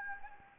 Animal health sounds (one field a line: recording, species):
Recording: mosquito wingbeat signal from an infrared sensor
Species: Anopheles gambiae